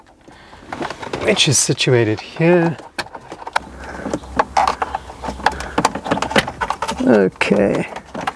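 The park brake switch connector is handled near its wiring plug in the centre console of an Audi C6 while someone talks, with sharp plastic-sounding taps and knocks from about 3.6 to 6.4 s. Nothing has seated or clicked yet; the clip ends just before the connector goes home.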